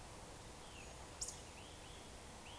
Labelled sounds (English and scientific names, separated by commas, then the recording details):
Eurasian Woodcock (Scolopax rusticola) whistle
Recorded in Baden-Württemberg, Germany, on 13 June 2020 at 02:21 UTC
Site 43791, 788 m above sea level